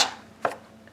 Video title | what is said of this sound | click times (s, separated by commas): Unboxing And Using Electric Pressure Canner For The First Time | and turn it until it clicks okay so that's secure | 0.4 s